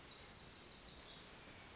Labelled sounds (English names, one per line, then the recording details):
Pacific Wren
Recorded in Sonoma County, California